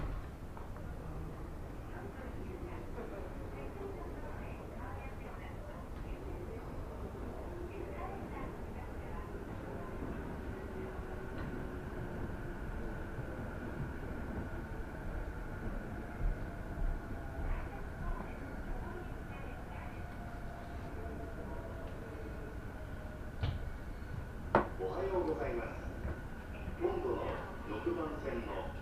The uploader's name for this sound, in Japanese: 鉄道旅 内房線快速 千葉→木更津